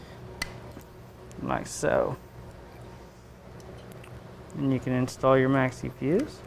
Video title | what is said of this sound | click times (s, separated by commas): Drop Kit Install Guide: 2011 Harley Davidson Street Glide (Part Three) | hear it click in like | 0.4 s